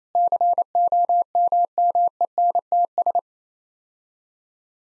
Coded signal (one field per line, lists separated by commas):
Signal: Morse code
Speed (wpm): 28 wpm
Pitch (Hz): 700 Hz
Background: none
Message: COMMENTS